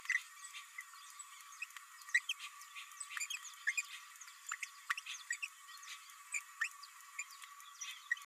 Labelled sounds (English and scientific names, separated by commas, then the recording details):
Green-rumped Parrotlet (Forpus passerinus) babbling
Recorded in a nest box in Venezuela
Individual 18B104A3